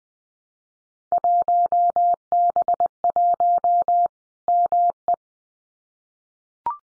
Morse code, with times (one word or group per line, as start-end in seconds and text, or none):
1.1-4.1 1B1
4.5-5.1 ME